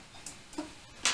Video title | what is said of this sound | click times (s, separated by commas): Huge Delta 3D printer live build: TEVO's "Little" Monster! | Quick click. Satisfying click. | 1.1 s